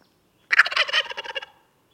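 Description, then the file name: Wild turkey gobble, a rapid rattling burst of throaty notes lasting about one second, loud at first and fading in pulses. "Meleagris gallopavo - Wild Turkey"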